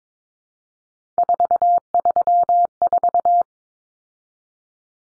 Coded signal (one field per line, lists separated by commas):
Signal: Morse code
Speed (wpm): 22 wpm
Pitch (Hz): 700 Hz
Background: none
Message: 434